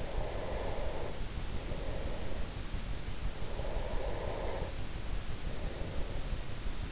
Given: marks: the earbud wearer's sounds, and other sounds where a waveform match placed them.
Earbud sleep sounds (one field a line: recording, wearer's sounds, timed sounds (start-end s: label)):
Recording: sounds in sleep by an in-ear microphone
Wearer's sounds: breath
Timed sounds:
0.00-2.57 s: breath
3.38-6.53 s: breath